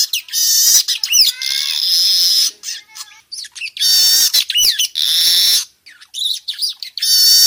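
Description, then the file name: Weaver chatter: loud, harsh, buzzy bursts mixed with sliding whistled notes, delivered in uneven spurts with short pauses between. Young bird, in forest. "Suara kicau burung manyar muda hutan"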